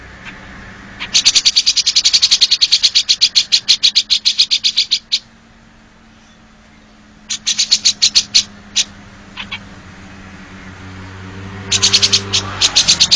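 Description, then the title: Oriental magpie-robin song in three bursts of quick, high repeated notes separated by pauses, with a low steady hum underneath. "Kicau Kacer"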